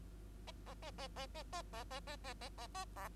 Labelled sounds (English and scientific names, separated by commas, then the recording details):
Bengalese Finch (Lonchura striata domestica) song
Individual Bird2